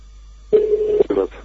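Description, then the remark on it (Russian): A steady electronic telephone tone holds for about half a second, then a shorter, brighter beep follows after a brief gap, both fairly loud and mid-pitched, as someone calls two telephones. “Видишь, это я на два телефона звоню.”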